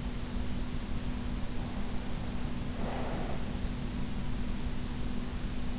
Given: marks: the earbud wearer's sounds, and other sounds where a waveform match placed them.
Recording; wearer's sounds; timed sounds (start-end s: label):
sounds in sleep by an in-ear microphone; breath
2.11-4.27 s: breath